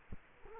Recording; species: mosquito wingbeat signal from an infrared sensor; Culex quinquefasciatus